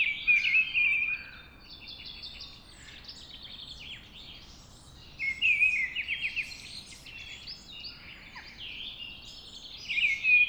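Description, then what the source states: Mistle thrush song: short fluting, slightly wavering phrases repeated after pauses of about four seconds, with faint high chirps from other birds behind. Singing at dawn.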